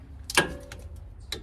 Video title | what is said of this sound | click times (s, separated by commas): 2019 Ram 1500 Front Brake Pad Replacement | Little click there. | 0.4 s